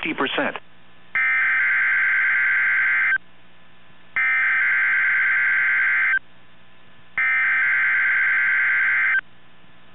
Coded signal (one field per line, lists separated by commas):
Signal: Emergency Alert System (SAME) tones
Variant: header bursts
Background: speech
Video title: Required weekly test, OAX, KIH61, recorded Wednesday March 3rd, 2021